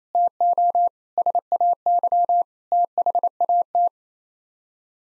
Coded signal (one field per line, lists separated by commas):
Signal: Morse code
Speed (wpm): 28 wpm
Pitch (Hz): 700 Hz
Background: none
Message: TO SAY THAT